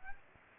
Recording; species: mosquito wingbeat signal from an infrared sensor; Aedes aegypti